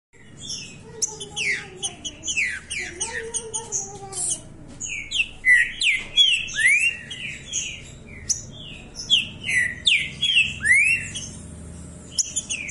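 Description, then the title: Green-winged saltator song of rapid whistles and chips, with a lower wavering tonal sound in the first seconds, then strong repeated rising whistled phrases. Song variant called 'Voz 07'; bird said to sing continuously like this all year round. "Canto De Trinca Ferro Voz 07. O ANO TODO DESSE JEITO, ESSE TRINCA FERRO CANTA DIRETO"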